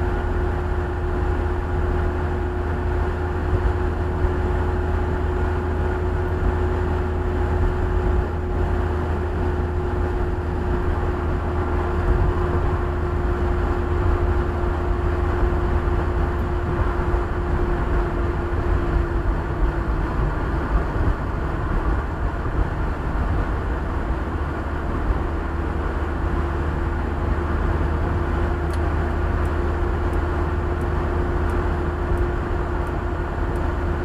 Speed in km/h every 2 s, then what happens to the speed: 78, 78, 79, 79, 79, 78, 78, 77, 78, 75, 72, 70, 71, 74, 74, 76, 77.
0-16 steady at about 78. 16-22 slows to 70. 22-34 speeds up to 77.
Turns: none.